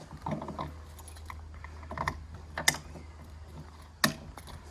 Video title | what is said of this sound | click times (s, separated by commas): Compass Avantgarde 145 Handover | until it clicks like so. | 2.7 s, 4.0 s